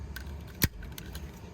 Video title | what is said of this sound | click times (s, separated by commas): 2005 - 2010 Pontiac G5 Drivers Side / Left Side Door Lock Switch Replacement. | so it's pretty easy it's just push it in until it clicks | 0.6 s